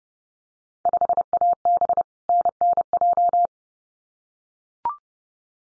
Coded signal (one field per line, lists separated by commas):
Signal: Morse code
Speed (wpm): 30 wpm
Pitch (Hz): 700 Hz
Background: none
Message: 5AB NNJ